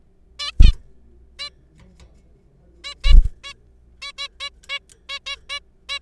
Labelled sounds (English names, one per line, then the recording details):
Zebra Finch
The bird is a juvenile
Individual R3428